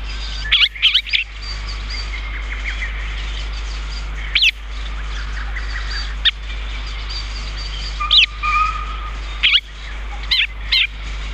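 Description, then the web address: Chestnut-cheeked starling calls: scattered sharp, high, squeaky chirps singly and in small clusters amid faint whistled notes. "sikioto birds komukudori"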